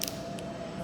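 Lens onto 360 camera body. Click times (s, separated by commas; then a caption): 0.0 s, 0.1 s. A replaceable plastic and glass lens piece is pressed directly onto the body of an Insta360 X5 360 camera, giving two short, sharp snaps at 0.0 s and 0.1 s, with a fainter tick near 0.4 s over a steady hum. The lens seats and locks correctly, confirmed by a red mark on both sides that appears and then disappears while pressing.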